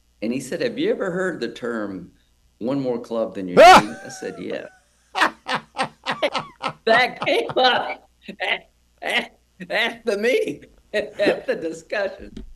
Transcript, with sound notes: And he said have you ever heard the term one more club than you need? And I said, yeah. (laughing) That came up at the meeting, at the discussion.